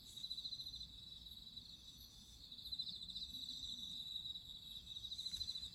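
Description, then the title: Cricket song: a shrill, rapidly pulsed trill sustained throughout, over faint low rumble. Crickets singing at midnight. "Listen to nature crickets singing at midnight"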